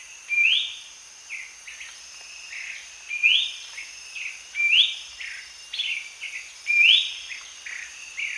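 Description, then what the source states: Ferruginous babbler giving repeated rising whistles, each followed by a few shorter descending notes, over a constant high whine. Danum, 1 January 2008.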